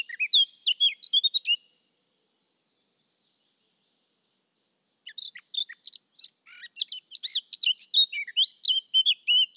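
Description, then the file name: Eurasian blackcap song: a short burst of scratchy warbling, a few seconds of silence, then a longer phrase of quick chattering and whistled notes. "Sylvia atricapilla"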